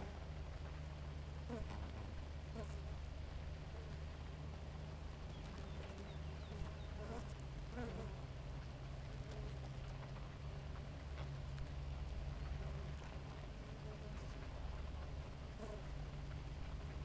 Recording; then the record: honeybee colony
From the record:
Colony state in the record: active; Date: 28 July 2017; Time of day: 4:32